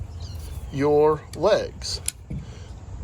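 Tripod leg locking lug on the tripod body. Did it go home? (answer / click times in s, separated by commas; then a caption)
no / none. A tripod leg is handled against its locking lug on the tripod body while someone talks, with a brief sharp tick near 2.1 s and a soft low knock around 2.3 s over faint background noise. Nothing has seated or clicked into place yet.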